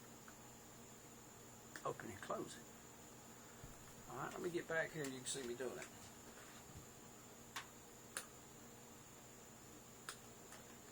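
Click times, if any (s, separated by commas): 8.2 s, 10.1 s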